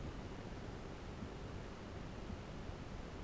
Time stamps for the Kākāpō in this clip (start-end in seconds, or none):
none